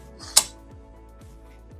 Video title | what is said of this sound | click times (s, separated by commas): How to Retrofit a Keyed Cylinder Dogging Kit into a PE80 Series Exit Device | and then just slide until you hear a snap. | 0.4 s